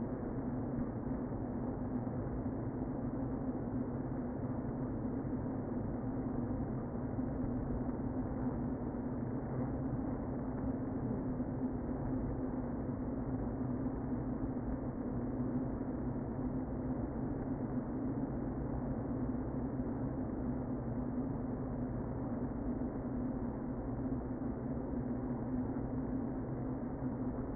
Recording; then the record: honeybee colony, microphone inside the hive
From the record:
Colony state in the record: queen present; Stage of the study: before two queens were removed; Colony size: about 60,000 bees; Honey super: yes